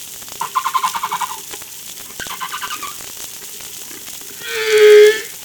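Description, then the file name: Humpback whale sounds: pulsed buzzy rattles followed by a clear steady tonal moan, amid faint crackling. Recorded off La Réunion by Darewin on 3 July 2013. "Humpback Darewin La Reunion Jul 03 2013"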